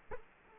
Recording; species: mosquito wingbeat signal from an infrared sensor; Culex quinquefasciatus